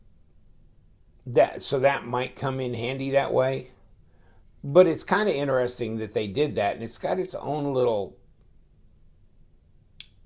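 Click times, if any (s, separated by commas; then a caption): 10.0 s. Someone talks, then a small carry piece on a folding pocket knife, a budget knife made in China, is pushed into the detent on the handle. A short, sharp click at 10.0 s marks it seating in place.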